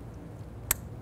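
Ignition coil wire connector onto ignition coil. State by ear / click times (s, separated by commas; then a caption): seated / 0.7 s. A plastic ignition coil wire connector on a 1999-2004 Jeep Grand Cherokee 4.7L V8 is lined up and pushed onto the ignition coil. Under a low, steady background hum, a single sharp click sounds at 0.7 s as the connector seats on the coil.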